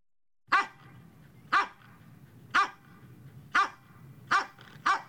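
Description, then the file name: Dog barking steadily, about one clipped woof each second, six barks in all with a low background hum. Medium-sized dog barking, in three variants of bark. "sobaka srednih razmerov laet 3 varianta"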